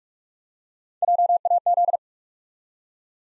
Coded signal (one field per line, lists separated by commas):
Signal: Morse code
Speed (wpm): 44 wpm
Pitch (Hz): 700 Hz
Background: none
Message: JAZ